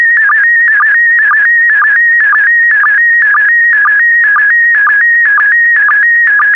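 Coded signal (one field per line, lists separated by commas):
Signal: SSTV (slow-scan television)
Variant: PD120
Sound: steady warbling tone stepping between two pitches, with short low blips twice a second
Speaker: complete. You can now check your decoded image against the picture that is shown on the video.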